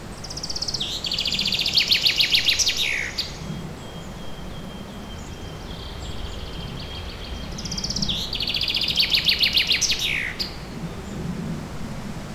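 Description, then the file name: Bird song: two similar rapid trilled phrases several seconds apart, each starting high and ending in a downward flourish, with a faint thin whistle between them. Forest setting. "Forest Ambient With A Birdsong"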